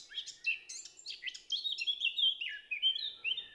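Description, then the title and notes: Eurasian blackcap delivering a dense, bubbling warble of quick varied notes, bright and melodious throughout. Recorded 10 April 2020 at Champs des Blas, Val Maravel, after the dawn chorus; melodious song; Nagra LB stereo omni MKH20. "Fauvette à tête noire (Sylvia atricapilla). Champs des Blas - Val Maravel"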